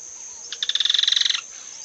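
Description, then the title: Yellow-chinned Spinetail rattle: a rapid, evenly pulsed chattering trill lasting under a second, with a constant high-pitched insect drone behind it. "LuckyPassaro Completos2Sama. Yellow-chinned Spinetail (Certhiaxis cinnamomeus)"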